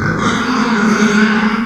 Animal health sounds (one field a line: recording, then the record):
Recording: squeal of a Yucatan mini pig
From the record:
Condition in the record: after surgery on the right vocal fold (resection and tissue-engineered implant)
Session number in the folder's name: 14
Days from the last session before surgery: 133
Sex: female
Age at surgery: 19 weeks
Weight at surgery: 25 kg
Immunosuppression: prednisolone